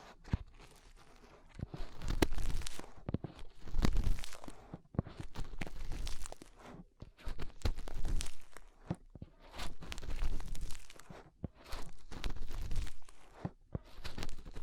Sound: Inner Ear Cleaning Using Fingers